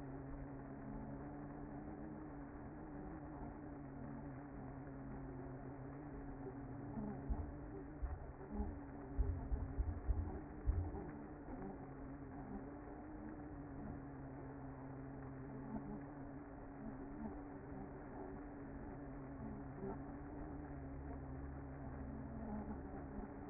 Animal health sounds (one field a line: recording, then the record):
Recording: honeybee colony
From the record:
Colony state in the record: active